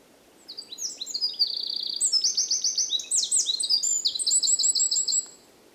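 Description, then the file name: Eurasian wren song: a long, loud, high-pitched outpouring of rapid trills and sharp notes running for nearly five seconds over soft background hiss. "Troglodytes troglodytes"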